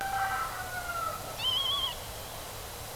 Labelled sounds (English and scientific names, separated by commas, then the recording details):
Northern Lapwing (Vanellus vanellus)
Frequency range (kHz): Northern Lapwing (Vanellus vanellus) 0.9-6.8 kHz
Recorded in France